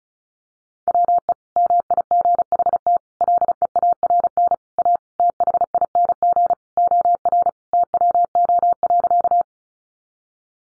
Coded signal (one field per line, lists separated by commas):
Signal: Morse code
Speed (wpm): 34 wpm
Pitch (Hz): 700 Hz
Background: none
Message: WE MIGHT LEARN A THING OR TWO.